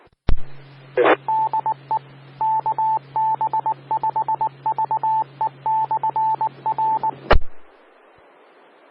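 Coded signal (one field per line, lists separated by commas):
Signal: Morse code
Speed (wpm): 19 wpm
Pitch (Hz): 880 Hz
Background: radio noise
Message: DE KB5VE/R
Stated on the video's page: Morse heard on a 146.670 MHz repeater.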